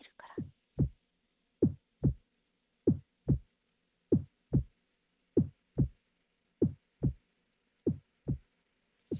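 Steady, slow lub-dub heartbeat with paired low thumps, about 48 beats a minute, in a quiet room.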